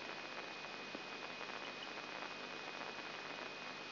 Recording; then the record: brain microelectrode recording played as sound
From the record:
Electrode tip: inside the subthalamic nucleus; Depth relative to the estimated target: -2 mm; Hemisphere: right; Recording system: AlphaMap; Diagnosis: Parkinson's disease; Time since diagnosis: 8 years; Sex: female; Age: 37 years